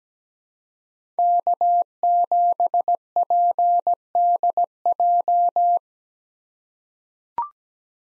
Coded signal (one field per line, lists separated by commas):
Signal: Morse code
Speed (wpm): 17 wpm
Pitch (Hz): 700 Hz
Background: none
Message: K7PDJ